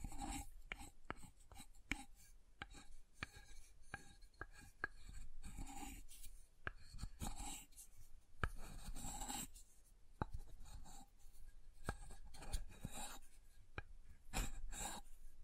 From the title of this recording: SoftHard Soap Tapping and Carving